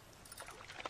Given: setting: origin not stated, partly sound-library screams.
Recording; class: one-second piece from a danger detection set; normal situation